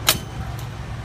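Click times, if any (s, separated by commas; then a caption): 0.1 s. A ground power cable plug is pulled out of an aircraft's external power receptacle, giving a single sharp snap at 0.1 s over a steady low hum. A fainter, brief high-pitched hiss follows around 0.6 s. The plug comes free and is released.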